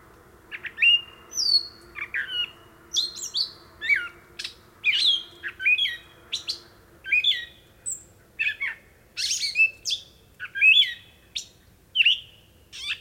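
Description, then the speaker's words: Gray Catbird singing a long, rambling series of jumbled squeaks, chips and whistled slurs, phrases following one another with short pauses, a faint steady drone underneath. A lone catbird singing a night song. "Here, a lone catbird sings a beautiful night song as frogs croak and bellow in the distance."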